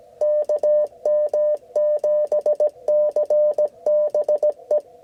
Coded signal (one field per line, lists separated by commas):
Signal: Morse code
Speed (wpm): 16 wpm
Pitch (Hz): 600 Hz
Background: none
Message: KM7CBE